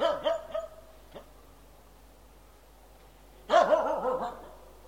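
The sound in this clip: Dog giving a few yipping barks, then a silent gap, then another short burst of barks.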